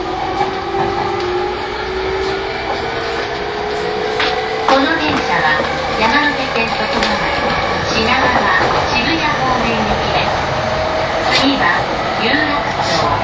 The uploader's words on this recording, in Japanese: E231系 山手線外回り01 東京～東京。2010年代当時山手線で主力車両だった、E231系山手線外回りを収録したものです。